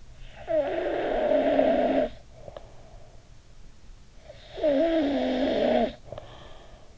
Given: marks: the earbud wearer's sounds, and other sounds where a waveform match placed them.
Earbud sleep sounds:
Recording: sounds in sleep by an in-ear microphone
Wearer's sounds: snoring breath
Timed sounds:
0.00-3.14 s: snoring breath
3.91-6.86 s: snoring breath

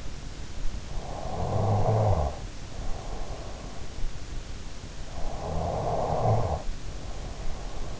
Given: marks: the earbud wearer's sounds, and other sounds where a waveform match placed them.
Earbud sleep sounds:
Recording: sounds in sleep by an in-ear microphone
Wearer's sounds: snoring breath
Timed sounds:
0.17-3.33 s: snoring breath
2.30-3.26 s: sound from someone else or the room
4.71-8.00 s: snoring breath

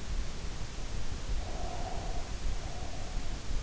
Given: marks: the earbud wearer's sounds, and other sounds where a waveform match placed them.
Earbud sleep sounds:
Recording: sounds in sleep by an in-ear microphone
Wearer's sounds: breath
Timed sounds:
1.33-3.35 s: breath

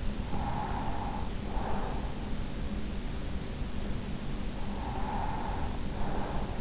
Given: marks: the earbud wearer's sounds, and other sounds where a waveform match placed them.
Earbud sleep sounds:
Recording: sounds in sleep by an in-ear microphone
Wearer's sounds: breath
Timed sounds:
0.10-2.36 s: breath
4.53-6.61 s: breath

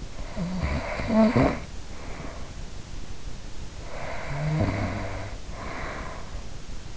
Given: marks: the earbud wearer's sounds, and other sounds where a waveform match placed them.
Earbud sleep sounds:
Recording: sounds in sleep by an in-ear microphone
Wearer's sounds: snoring breath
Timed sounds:
0.00-2.74 s: snoring breath
3.59-6.63 s: snoring breath

